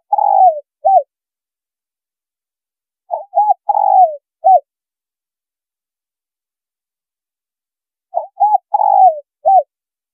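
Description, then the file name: Spotted dove cooing: the end of one phrase, then two full phrases, each a quick pair of notes followed by a longer wavering coo and a final note, with long pauses between. Female bird. "Tieng cu gay mai"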